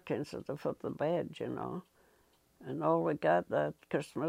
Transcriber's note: none